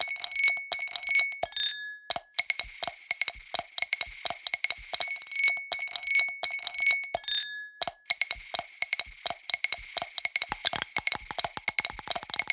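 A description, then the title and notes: A tiny steel ball bounces and rattles inside glasses, making rapid, dense streams of bright clicks that speed up and blur into rolling chatter. Clear glassy tones ring under the ticking, one high and one lower, some lingering and some cut short. Brief silences separate the runs. Steel ball in glass. Trenchant and elastic contact of a tiny steel ball with three different glasses. Bouncing and rolling; some are damped, some linger. Rich in ultrasonic content.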